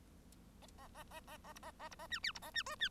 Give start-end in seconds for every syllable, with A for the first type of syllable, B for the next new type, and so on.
0.78-0.89 A, 0.94-1.03 A, 1.10-1.20 A, 1.27-1.37 A, 1.44-1.53 A, 1.55-1.59 B, 1.62-1.71 A, 1.79-1.89 A, 1.91-1.96 B, 1.99-2.07 A, 2.10-2.19 C, 2.23-2.32 D, 2.34-2.39 B, 2.42-2.50 A, 2.54-2.63 C, 2.66-2.75 E, 2.79-2.89 C